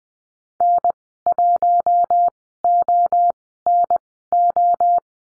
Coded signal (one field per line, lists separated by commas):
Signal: Morse code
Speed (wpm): 20 wpm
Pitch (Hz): 700 Hz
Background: none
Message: N1ONO